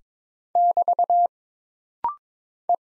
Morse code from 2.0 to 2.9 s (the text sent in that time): E